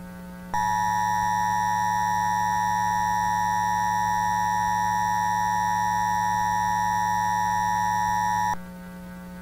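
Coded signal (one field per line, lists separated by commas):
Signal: Emergency Alert System (SAME) tones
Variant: 853 and 960 Hz attention tone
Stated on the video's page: Fictional severe thunderstorm warning with valid EAS tones, made in Vegas Pro 15.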